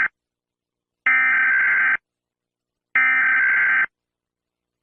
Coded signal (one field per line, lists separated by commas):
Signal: Emergency Alert System (SAME) tones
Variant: header bursts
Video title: EAS Scenario: Numberblocks: Part I￼